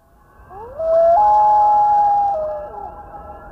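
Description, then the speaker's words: Loon wailing call: a long, mournful tone that steps up, holds steady, then slides down. "We're listening to the call of a loon."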